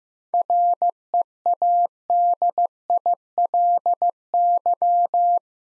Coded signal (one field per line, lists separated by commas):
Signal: Morse code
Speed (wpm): 15 wpm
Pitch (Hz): 700 Hz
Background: none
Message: READILY